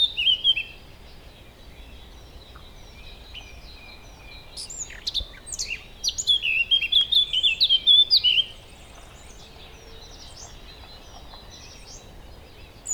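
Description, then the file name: Eurasian blackcap, scattered soft notes and then one brisk warbled phrase of chattering and whistled notes lasting about three seconds, followed by quiet. "Sylvia atricapilla"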